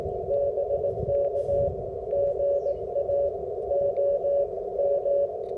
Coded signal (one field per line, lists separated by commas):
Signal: Morse code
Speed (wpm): 20 wpm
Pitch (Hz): 550 Hz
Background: radio noise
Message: BK GA O M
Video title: SOTA POTA 150 Antenna Review with Full POTA Activation